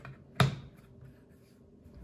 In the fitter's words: It's not really snapped in place, it don't feel like to me.